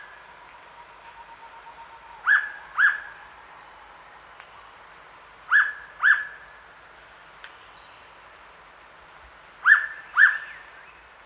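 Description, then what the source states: Hooded pitta whistles: three double notes spaced a few seconds apart, each note a short rising then falling whistle, with soft forest ambience between. Recorded at Danum on 1 October 2007.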